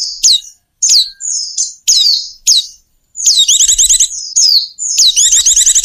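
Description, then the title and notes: Bird calls: a run of high, steeply falling whistles, then fast chattering trills of repeated rising notes, loud and shrill throughout. Bird lure sounds used to attract stubborn, hard-to-approach birds. "Suara Burung Bandel Yang Susah Mendekati. Kompilasi Suara Pikat Burung"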